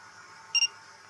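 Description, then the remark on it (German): A phone camera snaps a photo of a dish of food topped with hard cheese, with a quick double electronic chirp, two short high-pitched tones back to back, standing out clearly against a faint steady background hiss. “So, gerade Foto gemacht.”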